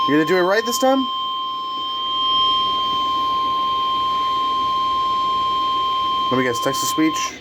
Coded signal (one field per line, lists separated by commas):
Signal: Emergency Alert System (SAME) tones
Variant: 1050 Hz attention tone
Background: speech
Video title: ILX Caught Slipping | EAS Tests From 4/27/2022 (EAS #1,415-1,422)